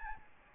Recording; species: mosquito wingbeat signal from an infrared sensor; Aedes albopictus